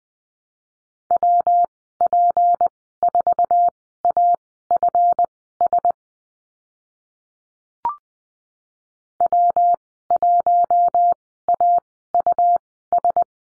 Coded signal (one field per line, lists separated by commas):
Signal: Morse code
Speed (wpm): 20 wpm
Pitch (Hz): 700 Hz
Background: none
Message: WP4AFS W1AUS